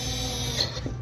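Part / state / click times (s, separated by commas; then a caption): tension knob screw into clipper head / seated / 0.6 s. The tension knob screw on a handheld sheep clipper head is turned backwards once or twice, over a steady background hum, so its metal threads can be heard dropping into the thread start. A sharp click at 0.6 s marks the screw seating properly into place.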